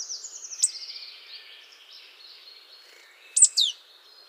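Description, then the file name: Marsh tit calls: a sharp, high note near the start, then a quick pair of bright notes near the end, the second dropping in pitch. "Poecile palustris"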